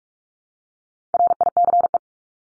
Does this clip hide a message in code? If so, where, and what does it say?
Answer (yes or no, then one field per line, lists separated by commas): yes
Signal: Morse code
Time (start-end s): 1.1-2.0 s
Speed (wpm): 44 wpm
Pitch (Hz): 700 Hz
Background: none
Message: RICE